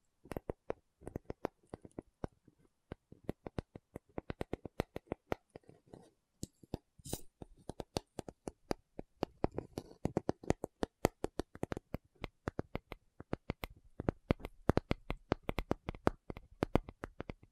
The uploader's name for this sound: Tapping Session (No Talking)